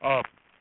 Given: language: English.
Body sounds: throat vibration sensor signal played as sound; speech

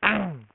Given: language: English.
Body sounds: throat vibration sensor signal played as sound; throat clearing

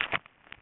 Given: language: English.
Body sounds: throat vibration sensor signal played as sound; swallow

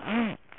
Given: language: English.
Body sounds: throat vibration sensor signal played as sound; throat clearing

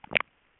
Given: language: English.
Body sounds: throat vibration sensor signal played as sound; swallow

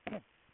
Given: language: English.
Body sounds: throat vibration sensor signal played as sound; cough

